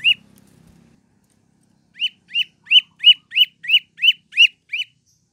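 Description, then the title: Prinia song, a steady string of about nine loud, clipped chirps, roughly three per second, after a short low rumble and a pause. Training recording for cage birds. "Prenjak"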